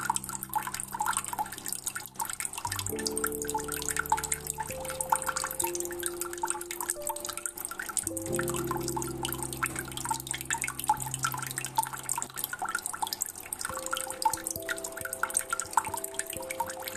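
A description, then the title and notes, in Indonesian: Tap water runs steadily, a dense, bright patter of drips and splashes that holds an even level throughout. Beneath it, a low pipe hum changes pitch in steps, around three, eight, eleven and fourteen seconds. Air Kran (relaxing). Asmr air kran.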